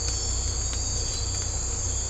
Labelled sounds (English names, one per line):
none